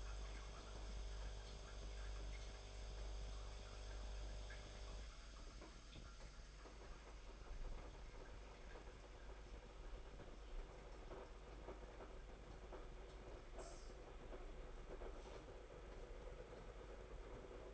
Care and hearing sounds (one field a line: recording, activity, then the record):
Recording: daily activity, microphone in the room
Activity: make coffee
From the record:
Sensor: 5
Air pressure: 991.9 hPa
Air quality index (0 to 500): 166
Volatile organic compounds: 392 ppm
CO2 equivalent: 4659 ppm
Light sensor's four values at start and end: 32/108/40/43 and 33/109/41/43